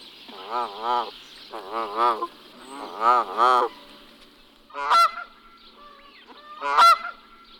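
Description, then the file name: Canada goose honking, several nasal, wavering honks in pairs, then two sharper, higher calls near the end. "Berneska velka Branta canadensis"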